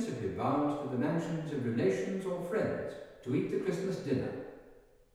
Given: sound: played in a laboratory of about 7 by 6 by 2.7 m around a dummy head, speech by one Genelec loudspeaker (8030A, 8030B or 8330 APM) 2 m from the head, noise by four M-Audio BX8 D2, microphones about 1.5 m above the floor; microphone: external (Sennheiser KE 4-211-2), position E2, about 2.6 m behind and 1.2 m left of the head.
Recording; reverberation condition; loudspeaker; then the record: male speech in English; high; 60 degrees to the right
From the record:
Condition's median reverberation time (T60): about 1300 ms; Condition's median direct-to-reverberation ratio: about -4.0 dB